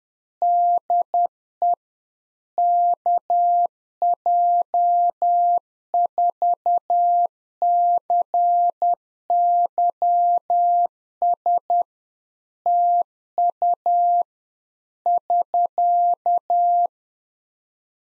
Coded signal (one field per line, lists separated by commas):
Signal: Morse code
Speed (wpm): 10 wpm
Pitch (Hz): 700 Hz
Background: none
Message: DE KJ4CYS TU <SK>